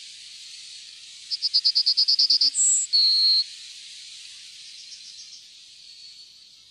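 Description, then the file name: Yellowhammer song: a fast series of about ten short high notes ending in two longer drawn-out notes, one higher and one lower. "gulspurv"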